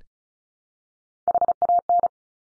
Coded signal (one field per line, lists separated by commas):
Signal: Morse code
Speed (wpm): 36 wpm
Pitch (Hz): 700 Hz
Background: none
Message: HAN